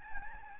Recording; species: mosquito wingbeat signal from an infrared sensor; Aedes albopictus